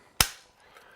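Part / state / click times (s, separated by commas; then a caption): sliding miter saw head bevel detent returning to the 90-degree stop / seated / 0.2 s. After the rear bevel handle is loosened, the head of a Festool KS 60 sliding miter saw is tilted back upright, and its bevel detent snaps into the 90-degree cutting position. A single sharp, loud click lands at 0.2 s and rings down over about a quarter second, followed by quiet low-level noise. The bevel is seated at its 90-degree stop.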